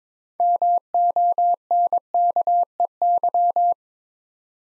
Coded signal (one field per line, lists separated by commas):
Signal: Morse code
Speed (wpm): 22 wpm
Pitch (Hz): 700 Hz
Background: none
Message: MONKEY